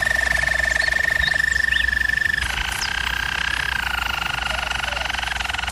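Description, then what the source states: German Roller canary song: one even, buzzy roll held steady, then dropping slightly lower and continuing without a break; faint steady hum below. German Roller canary song for training canaries.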